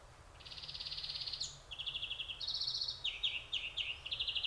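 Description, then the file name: European greenfinch producing a sustained buzzy trill, then shorter pulsed runs at shifting pitches and a series of clipped rattling notes. "Chloris chloris"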